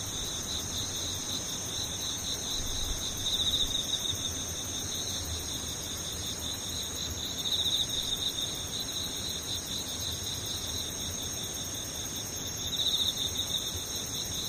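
Insects trill in a steady, high, pulsing chorus, swelling briefly around three, eight and thirteen seconds over a soft low rumble.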